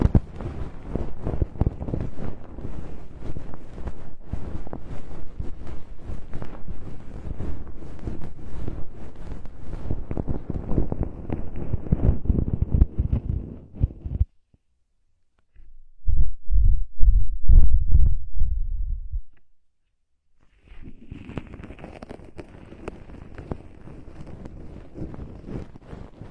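Soft ear-cleaning scratches and muffled rustling fill the first fourteen seconds, then brief silence, a louder low thumping burst, another pause, and quieter rustling.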